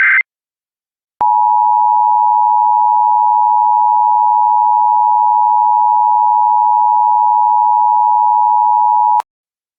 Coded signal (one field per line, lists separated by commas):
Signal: Emergency Alert System (SAME) tones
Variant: 853 and 960 Hz attention tone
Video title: EAS Child Abduction Emergency (Levi's Calls/AMBER Alert) Dublin, Georgia Statewide Alert